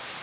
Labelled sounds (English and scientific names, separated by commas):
Northern Parula (Setophaga americana) flight call